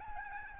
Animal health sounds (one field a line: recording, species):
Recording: mosquito wingbeat signal from an infrared sensor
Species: Aedes albopictus